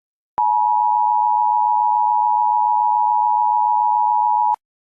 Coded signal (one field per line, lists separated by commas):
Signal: Emergency Alert System (SAME) tones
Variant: 853 and 960 Hz attention tone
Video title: EAS scenario 2, The White Death